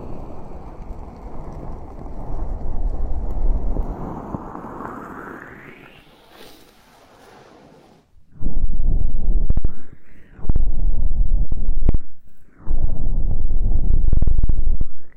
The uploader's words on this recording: Ultra-fine ear touch, immersive experience.